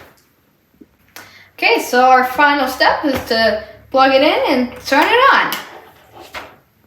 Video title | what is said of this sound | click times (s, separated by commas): How to assemble the IKEA Vidja Lamp | you they go through those two holes you'd hear a click and then you're all done your lap | 1.2 s